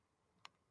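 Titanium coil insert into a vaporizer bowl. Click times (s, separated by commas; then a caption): 0.4 s. A rolled, single-piece titanium coil insert full of tiny holes is pressed into a vaporizer bowl and snaps into place so it won't fall out. One short, bright click sounds at 0.4 s against a quiet, low hum. The insert is seated.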